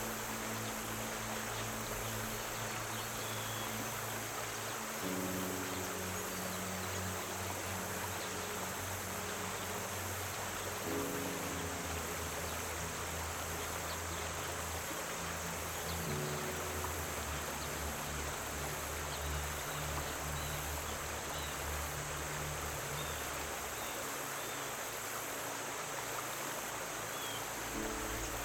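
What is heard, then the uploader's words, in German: A river current rushes steadily throughout, a dense, even hiss filling the upper range. Beneath it, soft relaxing music holds low sustained chords that shift to new notes roughly every five or six seconds, around 5, 11, 16 and 27 seconds. Geräusch der Flussströmung und Entspannender MUSIK.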